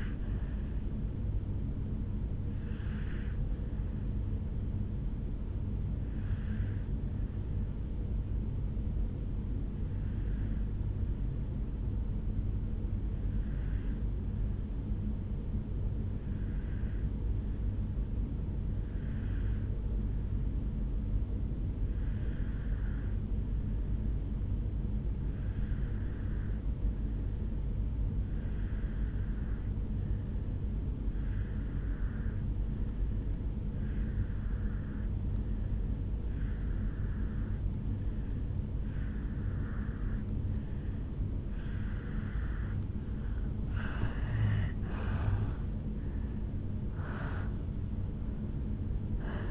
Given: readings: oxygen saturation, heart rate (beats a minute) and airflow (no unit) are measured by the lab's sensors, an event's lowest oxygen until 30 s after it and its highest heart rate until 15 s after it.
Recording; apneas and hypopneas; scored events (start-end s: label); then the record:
breathing in sleep by a smartphone at the bedside; 1
5.00-43.90 s: obstructive apnea (N2, oxygen 97% highest, then 85% lowest, heart rate 56 at the start, 73 highest)
From the record:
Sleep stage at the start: N2 (light sleep); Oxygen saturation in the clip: 82 to 97%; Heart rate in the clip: 54 to 72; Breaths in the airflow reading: 4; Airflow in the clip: -10.0 to 6.7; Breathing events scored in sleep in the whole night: 449 in 7.0 hours asleep